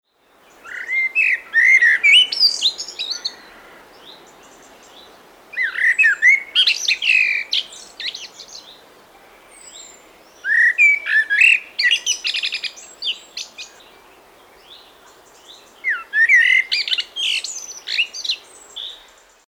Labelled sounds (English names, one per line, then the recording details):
Common Blackbird
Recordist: Tembrock, Günter
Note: Gesang